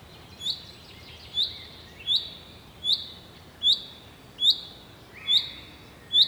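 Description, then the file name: Common chaffinch giving a steady series of short, piercing high calls, each with a small upward flick, eight in a row roughly every second. "Fringilla coelebs"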